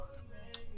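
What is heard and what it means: The wiring harness electrical connector is pushed onto the new VVT-i oil control valve solenoid on a 1JZ-GTE engine. After further pushing over a low, steady background, one sharp, bright click lands at 0.5 s. The connector is confirmed seated.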